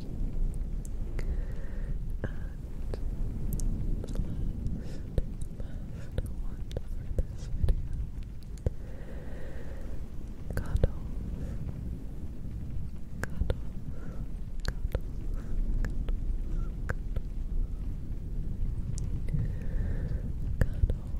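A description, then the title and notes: A soft rubbing of a fluffy microphone cover fills the whole stretch, a dense low brushing that stays steady throughout. Sharp little clicks and taps scatter across it every second or so, and faint breathy whispered sounds drift in around the 2, 9 and 20 second marks. Slow Fluffy Mic Sounds.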